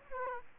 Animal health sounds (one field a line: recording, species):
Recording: mosquito wingbeat signal from an infrared sensor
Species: Aedes aegypti